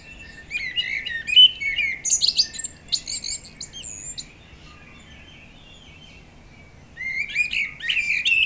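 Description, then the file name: Common blackbird song: a fluted warble breaking into high, scratchy twitters, about three seconds of quiet, then another warbling phrase starts. "Turdus merula"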